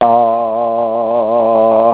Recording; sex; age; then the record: sustained vowel /a/ by telephone; male; 70 to 79 years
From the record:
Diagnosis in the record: healthy control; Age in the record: 79 years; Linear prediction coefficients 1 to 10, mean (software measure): 1.65, -0.75, -0.28, -0.02, 0.15, 0.08, -0.07, -0.12, 0.01, 0.04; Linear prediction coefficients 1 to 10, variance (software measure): 0.040, 0.064, 0.014, 0.013, 0.012, 0.007, 0.014, 0.007, 0.016, 0.003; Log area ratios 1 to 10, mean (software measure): -2.65, 3.42, -0.07, -0.19, 0.18, 0.43, 0.31, 0.02, -0.15, -0.09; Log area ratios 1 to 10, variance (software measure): 0.008, 0.163, 0.191, 0.023, 0.035, 0.025, 0.016, 0.038, 0.016, 0.013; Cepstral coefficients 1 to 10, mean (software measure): 1.65, 0.63, -0.01, -0.38, -0.44, -0.28, -0.12, -0.05, 0.00, 0.04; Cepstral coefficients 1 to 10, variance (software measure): 0.040, 0.014, 0.004, 0.004, 0.003, 0.002, 0.002, 0.002, 0.002, 0.001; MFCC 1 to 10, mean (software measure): -4.86, 2.33, -0.39, -1.79, -0.63, 0.20, -0.42, 0.18, 0.50, 0.69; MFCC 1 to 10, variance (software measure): 0.476, 0.023, 0.033, 0.031, 0.025, 0.033, 0.046, 0.018, 0.017, 0.061